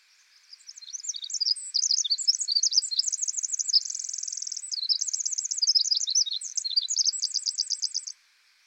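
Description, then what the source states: Pacific wren delivering an extended torrent of high jumbled notes, a smooth buzzing trill near the middle, and a fast repeated series at the end. Very loud, lively bird that sings almost constantly, in forest.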